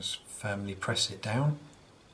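A RAM stick is being handled over a motherboard memory slot, ready to be pressed firmly down, while someone talks throughout. Nothing has seated or clicked yet, and the memory module clips have not locked home.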